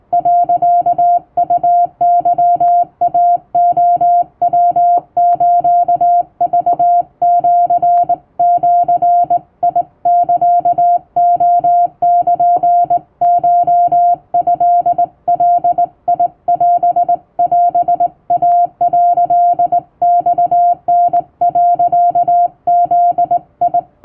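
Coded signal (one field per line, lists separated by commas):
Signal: Morse code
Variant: Japanese Wabun code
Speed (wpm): 20 wpm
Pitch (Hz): 700 Hz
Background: music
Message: 、ウケイレヤスクシジサレルコトガオオイ」マタ、ブ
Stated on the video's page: Hand-keyed Japanese wabun Morse receiving practice sent by a first-class radiotelegraph operator using commercial high school typing-test practice texts.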